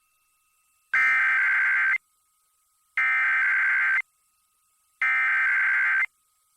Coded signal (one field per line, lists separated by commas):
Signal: Emergency Alert System (SAME) tones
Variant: header bursts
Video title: [EAS #1890-#1892] Hello There KLOVE